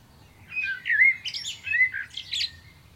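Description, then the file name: Common blackbird giving one continuous warbled phrase of mellow, slurred fluty notes mixed with higher, squeaky, scratchy bursts. "Turdus merula"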